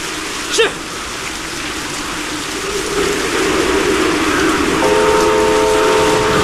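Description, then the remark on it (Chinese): Heavy rain hisses steadily during a train test run on Zhan Tianyou's repaired, once-collapsed railway section, growing a little denser midway, with a brief knock early on; near the end a sustained, steady multi-toned train whistle sounds over the downpour. “但这是个大雨天，恶劣的天气情况对几乎浸泡在水里的路基提出了更大的挑战。”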